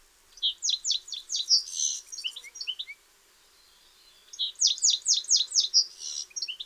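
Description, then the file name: European goldfinch giving two bright twittering phrases of fast, descending high chirps and a buzzy note, with a short silent pause between them. "Carduelis carduelis"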